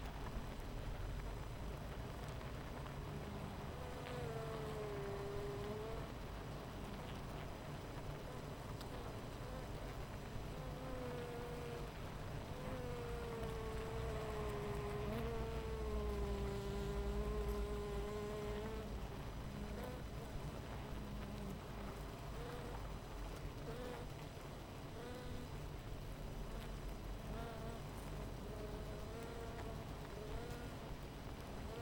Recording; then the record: honeybee colony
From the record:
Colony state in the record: missing queen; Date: 14 July 2017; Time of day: 10:33